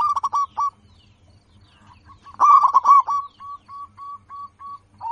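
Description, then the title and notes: Zebra dove cooing song: quick clusters of rich, ringing coos, then a run of short, evenly spaced notes. Local-type zebra dove singing prolifically, its voice described as loud, clear and crystal-like. "PERKUTUT LOKAL GACOR Suara KRISTAL LANTANG. Kicau Burung Perkutut"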